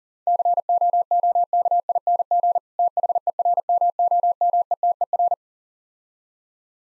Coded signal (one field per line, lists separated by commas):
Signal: Morse code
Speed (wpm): 40 wpm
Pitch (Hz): 700 Hz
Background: none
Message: COOKING THERMOMETER